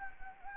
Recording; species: mosquito wingbeat signal from an infrared sensor; Anopheles gambiae